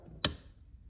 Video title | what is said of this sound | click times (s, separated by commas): HOW TO THREAD AN INDUSTRIAL JUKI | hear that click, and that means that it is in the machine. | 0.2 s